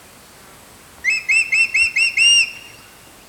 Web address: crested hawk eagle call